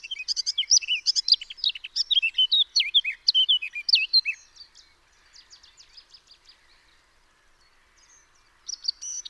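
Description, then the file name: Eurasian blackcap song, a fast jumble of high twittering notes with some fluting, looping whistles, fading into soft scratchy notes, then a brief final burst. "Sylvia atricapilla"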